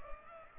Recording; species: mosquito wingbeat signal from an infrared sensor; Culex pipiens